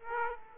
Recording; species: mosquito wingbeat signal from an infrared sensor; Aedes aegypti